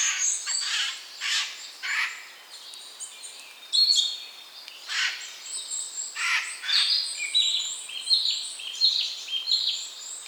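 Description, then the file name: Eurasian jay calling with rough rasping screeches early on, then a jumble of scratchy notes and thin whistles. "Garrulus glandarius"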